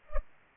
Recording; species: mosquito wingbeat signal from an infrared sensor; Culex pipiens